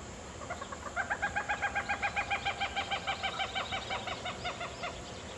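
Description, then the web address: Common gallinule song: a long, steady series of nasal clucking notes, about four each second, running for several seconds and fading toward the end over a hissy background. "cantos pollonegra"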